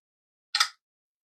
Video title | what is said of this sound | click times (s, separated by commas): Champion Cues green spider series set. Great bang for your buck.😊 @champion9billiard | Locks into place. | 0.6 s